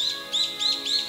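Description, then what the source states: Brown-eared bulbul calling: quick, shrill rising-falling notes repeated in a rapid series, faint tonal hum below. Recorded on Kamishima island, Mie Prefecture, Japan.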